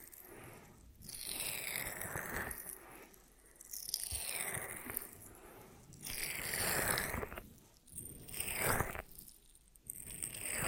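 Ear massage triggers: soft rubbing and crinkly scraping sweep in long waves, each building for a second or two and then easing off, about every two to three seconds. The sound is bright and hissy, with faint low thumps and a fairly steady texture underneath.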